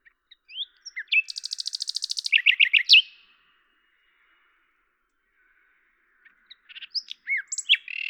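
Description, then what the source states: Common nightingale song: a buzzy, rapidly pulsed trill followed by a few loud chopped notes, a pause, then another phrase of varied whistles and chirps. Recorded at Lavours, France, on 10 May 1998 with a Tascam DAP-1 and Télingua microphone, edited in Samplitude 5.1.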